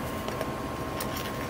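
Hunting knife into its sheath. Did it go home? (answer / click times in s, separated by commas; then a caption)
no / none. A retro Gerber A-400 Jungle Leaf Camo Hunter fixed-blade hunting knife is being handled and pushed toward its old-style canvas or ballistic-nylon sheath. There is low, steady rustling with a faint tick at 0.3 s and a brief hiss around 1.0 s over a constant high tone. The knife has not yet seated or clicked into the sheath.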